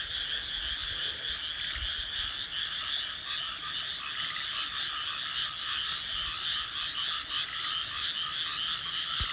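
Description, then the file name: Frogs in a dense chorus, many overlapping rattling croaks forming a steady high buzz that pulses slightly and never pauses throughout. "kaeru"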